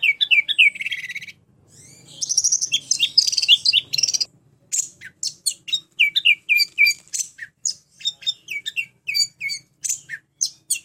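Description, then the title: Orange-headed thrush song, opening with a descending slurred phrase and a buzzy, scratchy stretch, then a fast stream of high, crisp whistled notes repeated several times per second. "anis_merah"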